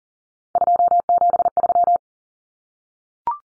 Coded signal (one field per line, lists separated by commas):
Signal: Morse code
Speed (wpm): 40 wpm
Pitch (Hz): 700 Hz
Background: none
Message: 273